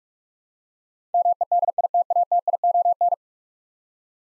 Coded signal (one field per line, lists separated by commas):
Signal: Morse code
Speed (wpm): 46 wpm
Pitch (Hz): 700 Hz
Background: none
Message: MEDITATION